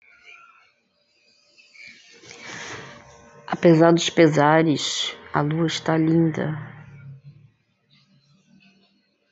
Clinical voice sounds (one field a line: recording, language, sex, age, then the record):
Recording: spoken sentence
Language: Brazilian Portuguese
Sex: female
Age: 50 to 59 years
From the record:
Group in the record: control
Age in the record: 57 years